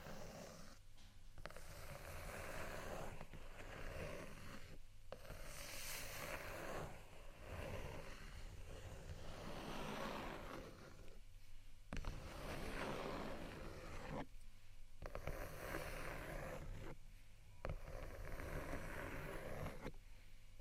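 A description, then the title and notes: Scratching and tapping on textured items, layered over a beat. Dense, rough rasping runs in bursts of a few seconds, broken by brief pauses at fairly regular points, while a steady low tone and thudding pulse continue underneath throughout. ASMR Scratch & Tap On Textured Items & Beat（No Talking）.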